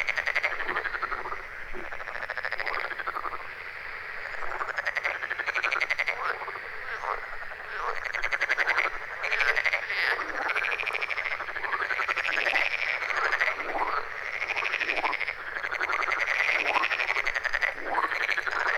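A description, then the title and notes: A dense chorus of frogs calls without pause, many voices overlapping in a bright, chirping trill with quick rising and falling notes. The level stays fairly even throughout, with no low sounds underneath and nothing else breaking through the constant chorus. Froggy Choir. Recorded in Götzerberge in the summer.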